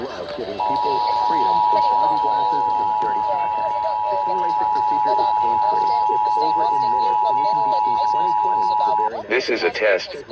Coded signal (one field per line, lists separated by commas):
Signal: Emergency Alert System (SAME) tones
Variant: 853 and 960 Hz attention tone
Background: speech